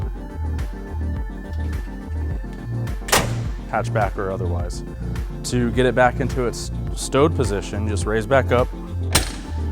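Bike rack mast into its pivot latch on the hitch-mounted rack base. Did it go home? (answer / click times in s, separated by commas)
yes / 9.1 s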